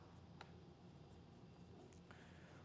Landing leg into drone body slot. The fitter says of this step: pop them into their slots and then you'll hear a clicking noise when the legs